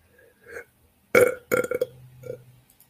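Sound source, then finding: Human. Burping (eructation).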